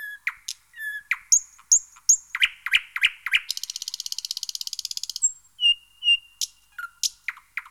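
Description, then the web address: Thrush nightingale song: sharp clicking notes, short whistles, then a long fast dry rattle, followed by clear piping whistles and more loud clicks. "chants d'oiseaux Jean C Roche - Rossignol progne"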